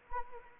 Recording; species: mosquito wingbeat signal from an infrared sensor; Anopheles arabiensis